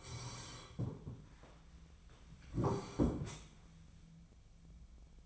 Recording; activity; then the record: daily activity, microphone in the room; sit down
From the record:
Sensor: 1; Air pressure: 1015.2 hPa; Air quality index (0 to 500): 198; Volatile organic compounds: 23 ppm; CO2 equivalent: 2780 ppm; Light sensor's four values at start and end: 13/31/13/14 and 13/31/13/14